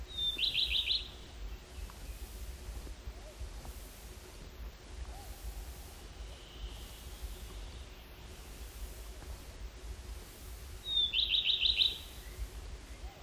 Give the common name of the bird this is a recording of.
Common Redstart